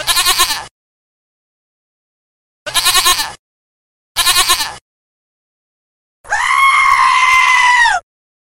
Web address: zwierzeta goat